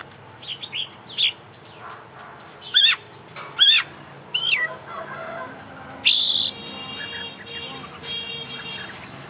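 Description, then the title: Oriental magpie-robin song, loud whistled and slurred phrases at intervals, with a harsh buzzy rasping passage toward the end over background hiss. Competition bird described as an international champion, singing a full, complete set of fill-in phrases (isian). "KICAU KACER JUARA INTERNASIONAL FULL ISIAN KOMPLIT DURASI PANJANG"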